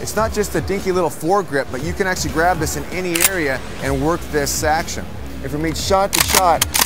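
Someone talks while handling the extended fore grip of a pump-action shotgun, the pump slide and bolt that lock into the receiver. Speech continues throughout over a steady low background hum. The action has not locked into battery yet; nothing has seated or clicked in this clip.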